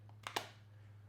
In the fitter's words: very nice solid click on here you shouldn't expect this to come off of your phone or anything like like that